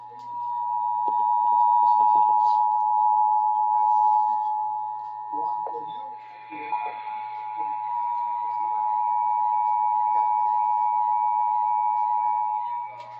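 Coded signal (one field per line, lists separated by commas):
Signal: Emergency Alert System (SAME) tones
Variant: 853 and 960 Hz attention tone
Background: speech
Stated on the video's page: Required monthly tests and NOAA Weather Radio required weekly tests from May 2023, one recorded from a phone.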